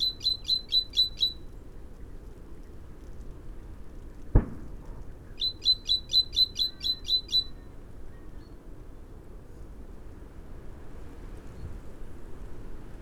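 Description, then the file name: Great tit with two bursts of quick, sharp high chirps, seven to ten notes each, and a single sharp knock between them. "Parus major"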